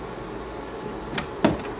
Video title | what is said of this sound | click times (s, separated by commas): Shoe Containers: Unboxing, Building, and Comparing: Seseno, Shoepreem, Aoteng Star, & Songmics | there's one we heard the click | 1.2 s, 1.4 s